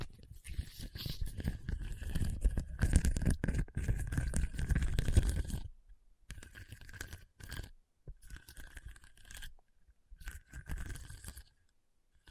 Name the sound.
Hard and Bumpy Surface Scratching